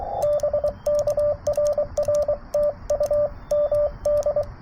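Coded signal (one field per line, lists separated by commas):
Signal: Morse code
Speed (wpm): 23 wpm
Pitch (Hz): 590 Hz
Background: radio noise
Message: BK RR TU MD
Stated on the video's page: CW Parks On The Air activation at 100 W using an FT-891, WRC antenna and Begali Expedition key, under great band conditions.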